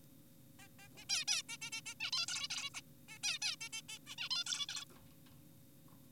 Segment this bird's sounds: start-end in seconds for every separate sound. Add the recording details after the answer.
0.59-0.68, 0.79-0.88, 0.97-1.05, 1.10-1.25, 1.28-1.42, 1.49-1.57, 1.62-1.70, 1.72-1.81, 1.86-1.94, 2.00-2.11, 2.13-2.26, 2.28-2.48, 2.50-2.70, 2.74-2.81, 3.09-3.18, 3.24-3.39, 3.42-3.56, 3.61-3.69, 3.73-3.82, 3.89-3.98, 4.07-4.16, 4.18-4.29, 4.31-4.44, 4.46-4.66, 4.69-4.85. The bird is an adult. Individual g4p5U